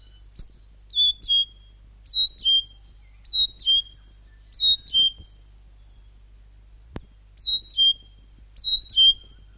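North Island saddleback song: paired clear whistled notes dropping in pitch, repeated in short phrases, with a longer pause and a brief click midway.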